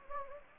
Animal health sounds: mosquito wingbeat signal from an infrared sensor; Anopheles gambiae

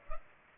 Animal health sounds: mosquito wingbeat signal from an infrared sensor; Culex pipiens

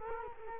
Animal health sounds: mosquito wingbeat signal from an infrared sensor; Culex quinquefasciatus

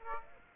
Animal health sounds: mosquito wingbeat signal from an infrared sensor; Aedes aegypti

